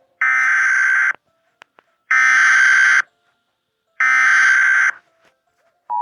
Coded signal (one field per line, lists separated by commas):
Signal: Emergency Alert System (SAME) tones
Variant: header bursts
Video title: EAS Scenario The Biggest Tsunami In The world (The Abyss)